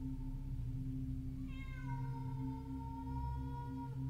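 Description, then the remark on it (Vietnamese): A long, eerie cat yowl among gravestones rises out of a steady low hum and slowly wavers downward, drawn out like a cat in heat, faintly like a baby crying for milk, with no talking. “Những tiếng kêu ma quái vang lên cứ như là lúc lũ mèo đang trong thời kỳ động đực, loáng thoáng nghe cứ như là trẻ con đòi bú sữa.”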